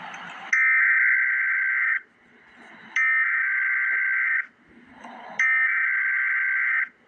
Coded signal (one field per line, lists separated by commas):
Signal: Emergency Alert System (SAME) tones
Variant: header bursts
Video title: Emergency Alert System - Special Weather Statement - Dec 31, 2025 at 1:23 PM EST